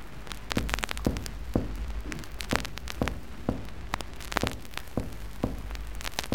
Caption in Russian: Сравнительную перкуссию легких у больного с эксудативным плевритом здоровой стороне определяется ясный легочный звук и тупой звук над эксудатом.